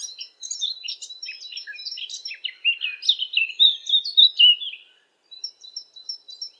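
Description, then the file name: Eurasian blackcap song: a rapid run of varied warbling notes swelling into loud, clear fluted phrases, then a short pause and a few thin high notes. "zwartkop zang"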